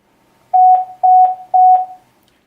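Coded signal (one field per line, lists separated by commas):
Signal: beep code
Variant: Luna IP telecare unit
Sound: three evenly spaced medium-pitched beeps, each about half a second long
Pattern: 3 short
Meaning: Three beeps: initialisation is complete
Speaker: Lorsque la phase d'initialisation est terminée, vous entendrez une série de 3 bips distinctifs. Le Luna IP est alors initialisé.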